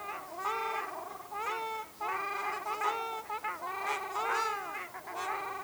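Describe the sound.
Ruddy shelduck giving long, harmonic nasal calls in bouts with brief gaps, almost continuously.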